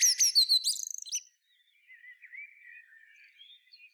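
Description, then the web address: Common blackbird song: a high squeaky twittering flourish dies away, followed by soft, faint low whistled warbling. "SETE data Turdus merula"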